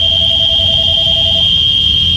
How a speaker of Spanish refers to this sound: Aquí le recibo en medio de chicharras, mire. ¡Ah, oh, qué bonito se oye!